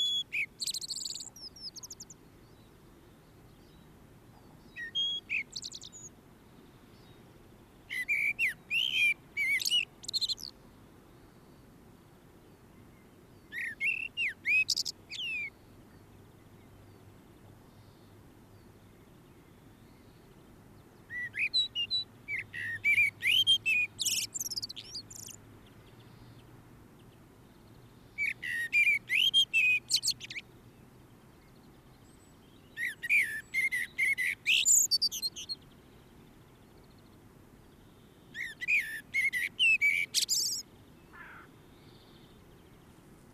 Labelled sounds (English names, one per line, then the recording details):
Common Blackbird song
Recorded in the wild
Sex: male
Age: adult
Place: Garmisch-Partenkirchen, Bayern, DE
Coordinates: 47.4919, 11.0742
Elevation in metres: 707
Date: 1967-03-26
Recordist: Tretzel, Erwin